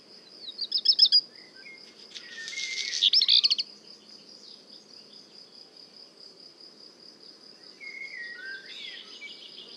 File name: chant de rougequeue noir merle noir le Puech